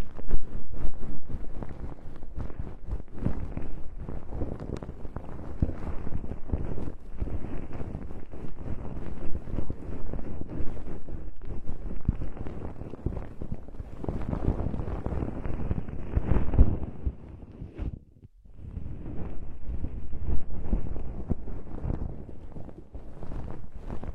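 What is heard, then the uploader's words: Fluffy earwax removal: a continuous muffled rustling and brushing, dense and low with no bright edge, dotted with tiny crackles throughout. The sound stays fairly even, swelling slightly around 15 to 17 seconds, then stops briefly near 18 seconds before resuming. Removes fluffy earwax, numbs the ear without harshness, produces delicate sound.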